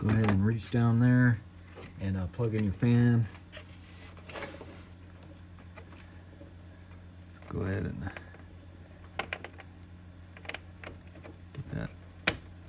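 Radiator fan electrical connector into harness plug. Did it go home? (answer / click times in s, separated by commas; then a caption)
yes / 12.3 s. Someone talks while reaching down to plug the radiator fan's plastic electrical connector into its harness plug on a 2015-2021 Subaru WRX, during an IAG air oil separator install. Faint handling clicks and rustles follow. One loud, sharp click at 12.3 s marks the connector seating.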